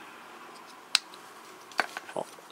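After an earlier failed try, a plastic part is pressed back onto a LEGO minifigure body from LEGO Minifigures Series 21 (71029, 2021), and a sharp snap at 0.9 s shows it has locked into place. A few softer clicks and taps follow near 1.8 s, 2.0 s and 2.2 s over a quiet background.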